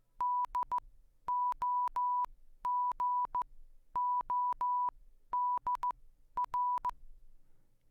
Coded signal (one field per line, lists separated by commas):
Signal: Morse code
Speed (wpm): 15 wpm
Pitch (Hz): 990 Hz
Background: none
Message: DOGODR